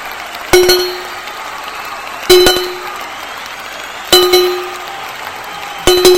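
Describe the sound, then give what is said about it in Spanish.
Clock tower quarter chimes on New Year's Eve, before the midnight bells: four evenly spaced, resonant bell strikes about two seconds apart, each ringing out and fading, over a steady background murmur of a crowd. “quedan ya solo 5 segundos para que empiecen las campanadas. Os recuerdo que lo primero son los cuartos, no os atragantéis con las uvas, así que vamos allá, ya está, ya va, ya está bajando, ya está bajando el reloj, vamos allá”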